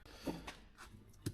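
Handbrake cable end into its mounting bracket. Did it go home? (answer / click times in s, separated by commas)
yes / 1.3 s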